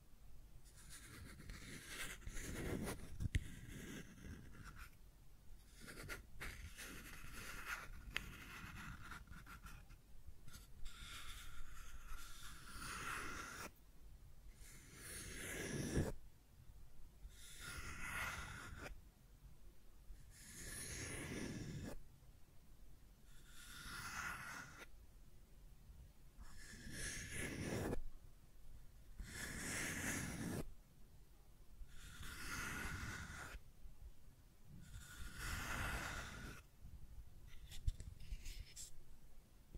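Scratching and tracing sounds: rough, hissy strokes that start and stop in repeated bursts, about every two to three seconds for the whole 40 seconds. Each stroke swells and fades, some longer and smoother, others short and scratchy, with quiet gaps between.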